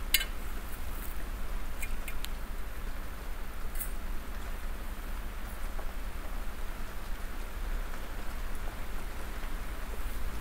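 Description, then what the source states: Domestic cat purring in a low, steady rumble with a few faint clicks. Real purring from a cat while snuggling, ASMR.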